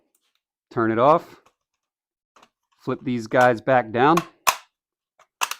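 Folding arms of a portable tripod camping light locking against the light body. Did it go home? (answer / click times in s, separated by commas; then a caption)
yes / 4.5 s, 5.4 s, 5.5 s. Someone talks while flipping the folding arms of a portable tripod camping light back down against the light body. The arms lock into place with sharp, loud plastic clicks at 4.5, 5.4 and 5.5 seconds, seating firmly.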